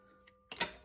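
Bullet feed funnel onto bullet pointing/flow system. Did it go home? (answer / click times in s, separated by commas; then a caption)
yes / 0.6 s. A bullet feed funnel is placed onto a bullet pointing flow system and snaps into place, lining up with the extractor groove. A faint tick at 0.3 s precedes a sharp contact at 0.5 s and a louder snap at 0.6 s as the funnel seats.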